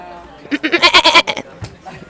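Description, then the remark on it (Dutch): A person imitates a goat with a loud, wavering bleat, a rapid series of quivering pulses lasting about a second, followed by a brief pause and a faint trailing sound. “Hey, kun je nog één keer die geit doen?”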